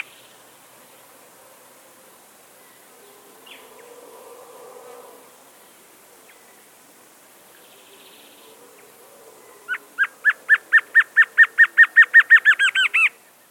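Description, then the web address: Black-crested antshrike song: after a long quiet stretch, a fast run of many hooked notes speeds up and grows louder toward the end. South America. "Natures Songs S America Black-Crested Antshrike"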